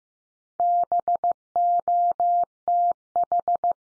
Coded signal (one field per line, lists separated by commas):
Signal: Morse code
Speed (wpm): 15 wpm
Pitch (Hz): 700 Hz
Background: none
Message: BOTH